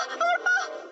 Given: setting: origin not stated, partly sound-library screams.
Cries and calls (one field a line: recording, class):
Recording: one-second piece from a danger detection set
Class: woman in danger